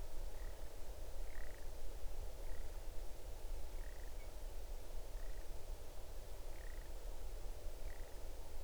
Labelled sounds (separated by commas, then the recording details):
grouse or ptarmigan
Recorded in the Arctic National Wildlife Refuge, Alaska, on 8 June 2019 at 00:14
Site 40